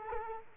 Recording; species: mosquito wingbeat signal from an infrared sensor; Culex quinquefasciatus